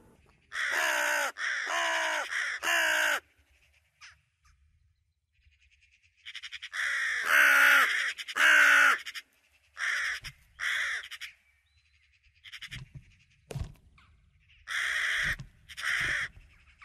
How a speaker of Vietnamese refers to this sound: Còn lại, chỉ còn mỗi con chim không rõ tên đó vẫn kêu rên thảm thiết.